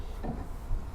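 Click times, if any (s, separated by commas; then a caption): none. A grey waste drain valve handle on a 2024 Burstner Lyseo TD690G motorhome is handled after emptying the grey waste tank, being twisted back down. A soft rubbing, low-frequency handling sound is heard with a slightly louder moment around 0.7 s. Nothing has seated or clicked yet.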